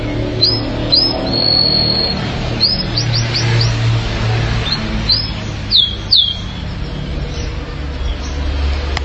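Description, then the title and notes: Canary singing scattered high upswept chirps and a few held whistles, with pauses between phrases over a steady low hum. "BM Suara Kenari. BM Suara Burung Kenari"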